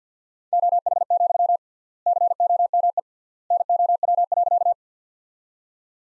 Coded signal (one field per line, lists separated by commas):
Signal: Morse code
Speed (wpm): 50 wpm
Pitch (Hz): 700 Hz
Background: none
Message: OH, COME NOW.